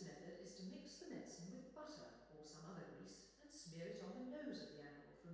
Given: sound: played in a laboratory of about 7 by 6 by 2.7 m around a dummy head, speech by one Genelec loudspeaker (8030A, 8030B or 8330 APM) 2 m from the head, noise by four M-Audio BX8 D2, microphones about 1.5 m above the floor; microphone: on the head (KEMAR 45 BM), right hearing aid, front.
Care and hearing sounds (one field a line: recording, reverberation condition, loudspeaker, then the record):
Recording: female speech in English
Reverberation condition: high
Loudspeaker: 150 degrees to the left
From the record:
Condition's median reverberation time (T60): about 1300 ms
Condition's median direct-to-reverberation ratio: about -4.0 dB